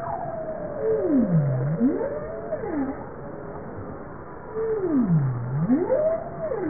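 Bowhead whale calls, low tonal moans that sweep down to a low trough and rise again, two U-shaped calls with fainter overlapping tones higher up.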